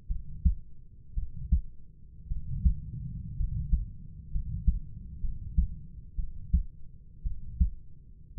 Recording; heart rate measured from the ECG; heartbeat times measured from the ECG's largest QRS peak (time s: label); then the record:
heart sounds by stethoscope; 58 bpm
0.08 s: heartbeat
1.15 s: heartbeat
2.28 s: heartbeat
3.37 s: heartbeat
4.32 s: heartbeat
5.21 s: heartbeat
6.16 s: heartbeat
7.23 s: heartbeat
8.35 s: heartbeat
From the record:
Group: healthy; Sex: male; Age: 25 years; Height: 170 cm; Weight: 70.4 kg